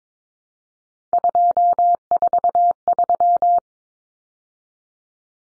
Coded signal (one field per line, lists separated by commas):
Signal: Morse code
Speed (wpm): 22 wpm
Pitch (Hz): 700 Hz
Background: none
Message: 243